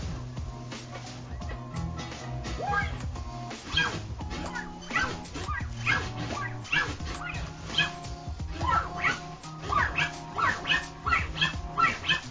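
Reverb scratches on a turntable, made by switching the sound on as the record is pulled back: a quick run of squeaky, pitch-sliding bursts that ring out with echoing tails, repeating rhythmically over a steady musical backing with no talking.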